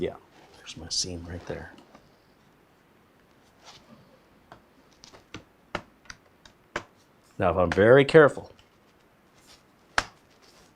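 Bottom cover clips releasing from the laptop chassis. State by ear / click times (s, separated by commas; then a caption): released / 10.0 s. A nylon spudger pries along the edges of a Dell XPS 9510 laptop's plastic bottom cover, and the cover's clips release from the chassis. Someone talks, then a series of soft clicks and brief scraping follows. A sharp pop at 10.0 s marks a clip releasing as the cover comes loose.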